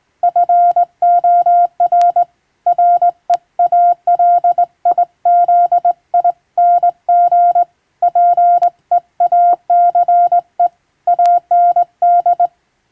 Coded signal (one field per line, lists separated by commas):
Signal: Morse code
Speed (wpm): 20 wpm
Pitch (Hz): 700 Hz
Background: none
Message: FOR REALIZING PEACE AND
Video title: 昔懐かしい！人が縦振り電鍵で打つモールス無線電報。無線通信士という職業がありました。船と陸とをつなぐ唯一の重要な仕事でした。今でも遠洋漁業無線で使われています。morse code practice